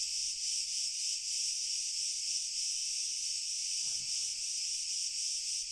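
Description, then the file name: Crickets in chorus, a dense, high continuous trilling with a faint steady pulse throughout, and a brief low swooshing sound near the fourth second. "Grillen Chor"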